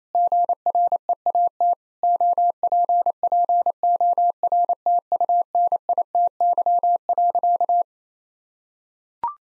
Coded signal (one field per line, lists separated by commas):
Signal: Morse code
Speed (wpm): 28 wpm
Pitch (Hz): 700 Hz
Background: none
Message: GREAT OPPORTUNITY.